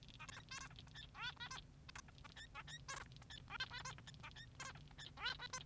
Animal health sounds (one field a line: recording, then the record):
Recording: song of a male Bengalese finch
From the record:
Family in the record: son of father 3